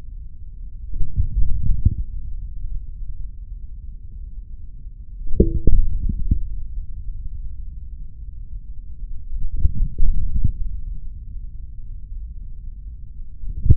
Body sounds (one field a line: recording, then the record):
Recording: forearm muscle sounds (acoustic myography)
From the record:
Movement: hand closing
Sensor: system 3, bracelet of six PUI Audio POM-2738L microphones around the upper forearm, with dedicated amplification and filtering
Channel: 5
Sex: male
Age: 26 years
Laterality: right